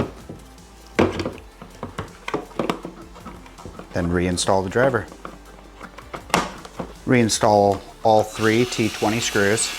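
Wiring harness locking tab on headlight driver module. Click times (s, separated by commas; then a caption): 1.0 s. A black plastic locking tab on a wiring harness is pulled down and clicks into its locked position on a headlight driver module at 1.0 s, the click showing it is locked in. Several more short taps and knocks follow around 2.3–2.7 s and 6.3 s, and someone talks.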